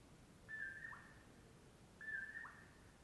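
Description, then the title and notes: Common poorwill repeating its mellow whistled call twice, each a steady note ending in a brief lower drop, about one and a half seconds apart. Early morning before 4:30 am, 6 July 2016, early summer, in Washington; mellow poor-will-low call. "On the morning of 06 July, 2016, I awoke to the mellow “poor-will-low” of a Common Poorwill"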